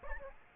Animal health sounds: mosquito wingbeat signal from an infrared sensor; Aedes aegypti

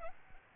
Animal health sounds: mosquito wingbeat signal from an infrared sensor; Aedes albopictus

